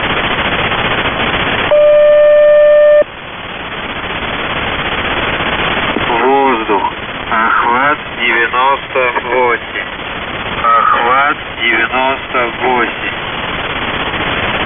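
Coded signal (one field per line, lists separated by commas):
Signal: channel marker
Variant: The Goose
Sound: static, a one-second steady buzzy tone, then rhythmic honking, goose-like bursts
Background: radio static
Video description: "The Goose" is a Russian military station that broadcasts on 4310 kHz at daytime and on 3243 kHz at nighttime.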